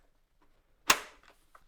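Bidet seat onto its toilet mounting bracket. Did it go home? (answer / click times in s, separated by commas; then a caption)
yes / 0.9 s. An Eco Nova ultra-thin bidet seat is slid onto its mounting plate on the toilet and clicks into place with one sharp, loud snap at 0.9 s that rings out over about a quarter second. A few faint small ticks follow, and the seat is seated.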